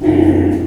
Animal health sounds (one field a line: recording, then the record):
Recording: squeal of a Yucatan mini pig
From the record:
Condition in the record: before surgery on the right vocal fold (resection and tissue-engineered implant)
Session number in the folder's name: 1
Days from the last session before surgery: -21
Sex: female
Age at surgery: 19 weeks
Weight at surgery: 25 kg